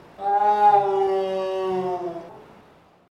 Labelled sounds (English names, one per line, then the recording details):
Tiger
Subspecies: altaica
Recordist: Tembrock, Günter
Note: Ruffolge eines Sibirischen Tigers